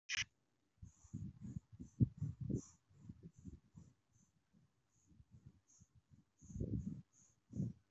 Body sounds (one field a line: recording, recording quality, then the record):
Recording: shallow breathing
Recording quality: excellent, no background noise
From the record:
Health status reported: healthy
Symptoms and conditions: none ticked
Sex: male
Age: 20 years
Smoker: not ticked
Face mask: not worn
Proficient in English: yes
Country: India